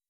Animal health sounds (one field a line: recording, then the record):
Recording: hydrophone in a shrimp aquaculture tank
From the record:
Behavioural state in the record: weakened